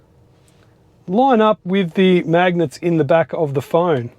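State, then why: Not seated. A phone in a Magbak magnetic case, part of a Magbak wireless charger and case set for the Tesla Model 3 and Y, is being handled and brought toward an adhesive magnetic stick mount so its magnets line up. After two faint brief ticks near 0.5 and 0.6 seconds, someone talks from about 1.1 seconds to the end. Nothing has seated or snapped onto the mount yet.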